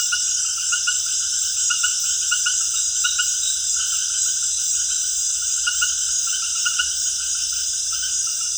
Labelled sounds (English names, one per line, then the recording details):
none
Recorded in secondary vegetation near Puerto Asís, Putumayo, Colombia, on 23 June 2025 at 18:30
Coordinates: 0.498, -76.327
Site GP09